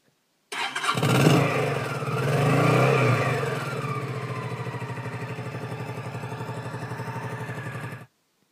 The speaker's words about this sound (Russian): Джим повернул ключ, завел двигатель, воткнул передачу.